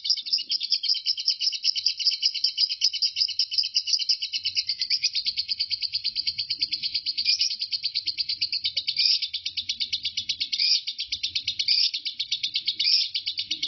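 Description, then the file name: Lovebird ngekek song: an unbroken, very rapid high chattering trill that runs steadily throughout, with slightly louder pulses now and then and faint low rumbling underneath. Lovebird named Marco singing ngekek; recording lasts 5 minutes 25 seconds. "suara burung lovebird Marco ngekek"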